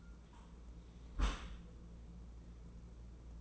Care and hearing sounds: daily activity, microphone in the room; close dishwasher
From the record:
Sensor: 1

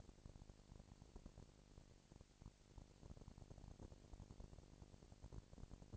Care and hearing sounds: daily activity, microphone in the room; no activity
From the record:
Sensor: 5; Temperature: 19.8 degrees Celsius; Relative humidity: 36.7%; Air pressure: 997.2 hPa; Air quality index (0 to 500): 168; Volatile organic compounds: 14 ppm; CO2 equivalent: 2436 ppm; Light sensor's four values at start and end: 2/3/1/1 and 2/3/1/1

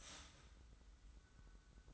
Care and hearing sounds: daily activity, microphone in the room; start toaster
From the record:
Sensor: 3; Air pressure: 990.7 hPa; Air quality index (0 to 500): 157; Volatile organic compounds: 709 ppm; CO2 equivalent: 5051 ppm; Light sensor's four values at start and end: 36/86/35/33 and 36/86/35/33

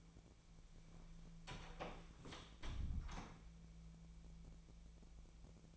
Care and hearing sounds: daily activity, microphone in the room; close door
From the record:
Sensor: 1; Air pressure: 1000.4 hPa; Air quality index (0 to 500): 184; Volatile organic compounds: 4 ppm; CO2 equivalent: 1693 ppm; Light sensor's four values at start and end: 12/29/12/14 and 12/28/12/13

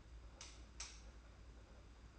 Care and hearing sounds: daily activity, microphone in the room; light off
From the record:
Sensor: 2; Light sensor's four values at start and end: 16/45/17/17 and 11/27/11/11

